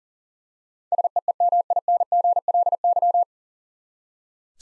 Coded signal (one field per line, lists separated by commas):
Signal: Morse code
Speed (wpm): 40 wpm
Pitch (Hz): 700 Hz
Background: none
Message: SEEMINGLY